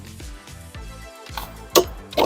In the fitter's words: and you heard that click and now it's locked into place so now we've unfolded the scooter